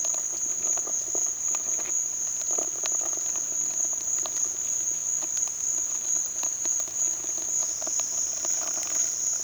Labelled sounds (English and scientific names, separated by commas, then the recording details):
none
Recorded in dense forest near Puerto Asís, Putumayo, Colombia, on 29 June 2025 at 14:30
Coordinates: 0.468, -76.322
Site GP03